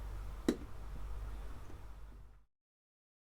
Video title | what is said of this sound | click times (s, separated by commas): 112 - Maintenance - DCC Fitting - Revolution Trains Class 128 | to get it to locate which is signaled by a satisfying clicking sound | 0.5 s